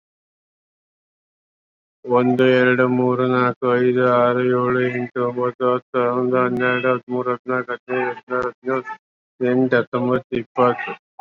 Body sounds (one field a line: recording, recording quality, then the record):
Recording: counting at a fast pace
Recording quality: moderate, slight background noise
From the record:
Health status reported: COVID-19 positive, no symptoms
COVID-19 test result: positive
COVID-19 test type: RT-PCR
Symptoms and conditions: hypertension, diabetes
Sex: male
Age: 46 years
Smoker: yes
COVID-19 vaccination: both doses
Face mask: worn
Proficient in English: no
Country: India